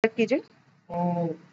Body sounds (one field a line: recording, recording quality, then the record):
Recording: sustained vowel as in boot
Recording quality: excellent, no background noise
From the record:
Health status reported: exposed to COVID-19, no respiratory illness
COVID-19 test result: not tested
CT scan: not taken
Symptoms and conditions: none ticked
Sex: male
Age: 24 years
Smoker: no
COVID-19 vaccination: both doses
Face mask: worn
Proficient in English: yes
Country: India